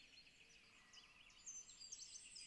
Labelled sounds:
Great Spotted Woodpecker (Dendrocopos major)

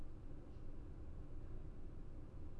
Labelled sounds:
none

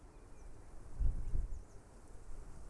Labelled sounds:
Eurasian Blue Tit (Cyanistes caeruleus)

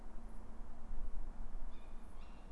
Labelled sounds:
Tawny Owl (Strix aluco)

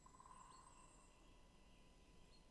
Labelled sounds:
Great Spotted Woodpecker (Dendrocopos major)

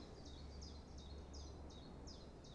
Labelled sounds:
Common Chiffchaff (Phylloscopus collybita)

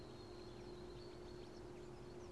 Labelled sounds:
Great Tit (Parus major)

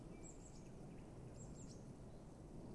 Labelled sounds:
Great Tit (Parus major)

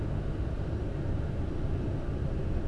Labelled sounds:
Common Blackbird (Turdus merula)

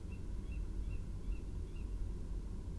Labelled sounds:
Tawny Owl (Strix aluco)

